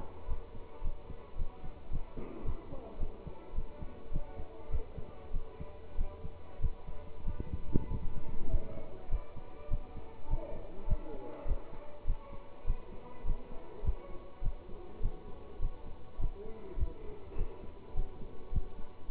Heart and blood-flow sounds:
heart sounds by stethoscope; between the tricuspid and mitral areas; 102 bpm
0.27 s: heartbeat
0.82 s: heartbeat
1.36 s: heartbeat
1.90 s: heartbeat
2.44 s: heartbeat
2.98 s: heartbeat
3.53 s: heartbeat
4.10 s: heartbeat
4.69 s: heartbeat
5.31 s: heartbeat
5.96 s: heartbeat
6.59 s: heartbeat
7.24 s: heartbeat
7.88 s: heartbeat
8.49 s: heartbeat
9.09 s: heartbeat
9.69 s: heartbeat
10.28 s: heartbeat
10.87 s: heartbeat
11.46 s: heartbeat
12.05 s: heartbeat
12.65 s: heartbeat
13.24 s: heartbeat
13.83 s: heartbeat
14.42 s: heartbeat
15.00 s: heartbeat
15.59 s: heartbeat
16.18 s: heartbeat
16.77 s: heartbeat
17.36 s: heartbeat
17.94 s: heartbeat
18.51 s: heartbeat
19.09 s: heartbeat
From the record:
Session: pedaling a stationary bicycle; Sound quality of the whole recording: good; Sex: male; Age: 27 years

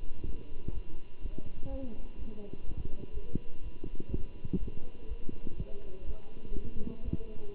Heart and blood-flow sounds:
heart sounds by stethoscope; between the tricuspid and mitral areas; 124 bpm
0.25 s: heartbeat
0.73 s: heartbeat
1.21 s: heartbeat
1.69 s: heartbeat
2.17 s: heartbeat
2.65 s: heartbeat
3.13 s: heartbeat
3.62 s: heartbeat
4.10 s: heartbeat
4.58 s: heartbeat
5.07 s: heartbeat
5.56 s: heartbeat
6.05 s: heartbeat
6.54 s: heartbeat
7.03 s: heartbeat
7.53 s: heartbeat
From the record:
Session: Bruce protocol treadmill stress test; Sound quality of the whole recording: good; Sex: male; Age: 23 years

